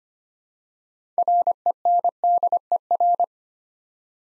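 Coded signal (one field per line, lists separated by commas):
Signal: Morse code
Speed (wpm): 26 wpm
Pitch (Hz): 700 Hz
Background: none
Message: RENDER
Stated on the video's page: Morse practice at 25 wpm building six-letter words two letters at a time, for instant character recognition training.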